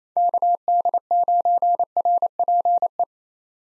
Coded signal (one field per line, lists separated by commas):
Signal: Morse code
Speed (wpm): 27 wpm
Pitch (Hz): 700 Hz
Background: none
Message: KD9RPE